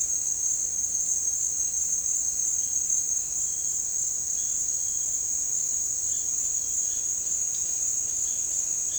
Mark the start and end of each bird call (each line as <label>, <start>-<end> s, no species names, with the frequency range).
bird call (1.8-5.3 kHz), 6.12-8.98 s